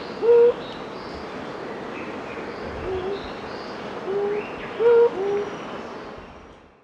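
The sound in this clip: Superb fruit dove giving two short, low, flat hoots well apart, with a few fainter hoots between and other birds calling faintly in the background.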